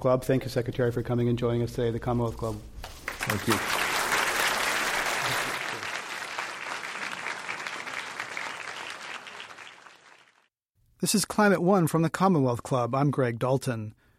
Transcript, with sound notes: Thank you Secretary for coming and joining us today at the Commonwealth Club.
Thank you.
[Applause]
This is Climate One from The Commonwealth Club. I’m Greg Dalton.